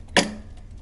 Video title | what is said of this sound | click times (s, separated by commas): Pride Mobility Baja Bandit - BA140 - Full Review - Fast Portable Outdoor Scooter | put it to put it back together and give it a little slight push and then you will snap back together if you're nervous about it | 0.2 s